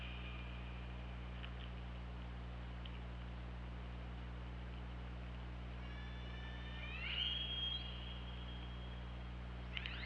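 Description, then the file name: Killer whale call: a harmonic-rich upsweeping call in the second half after a long stretch of steady low hum and faint clicks, with another call just starting at the end. OrcaLab hydrophone recording, 24 August 2017 at 23:30:47. "Orca Lab UTLN JASON 20170824 233047"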